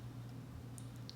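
The other end of a plastic connector tube is pushed onto the bottom of the gun for a GI Joe Classified Series #79 Tele-Viper action figure, over a steady low hum. Two sharp clicks sound at 0.8 s and 1.1 s, and the tube is seated with a good fit.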